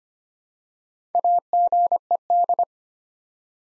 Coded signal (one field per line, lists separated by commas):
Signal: Morse code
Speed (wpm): 25 wpm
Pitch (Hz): 700 Hz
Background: none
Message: AGED